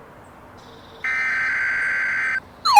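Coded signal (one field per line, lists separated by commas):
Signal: Emergency Alert System (SAME) tones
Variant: header bursts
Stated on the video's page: Fictional scenario of a derecho storm, including a tornado emergency.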